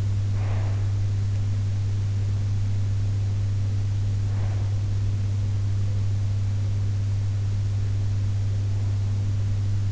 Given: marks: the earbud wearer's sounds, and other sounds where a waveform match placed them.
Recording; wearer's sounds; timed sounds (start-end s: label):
sounds in sleep by an in-ear microphone; breath
0.00-1.28 s: breath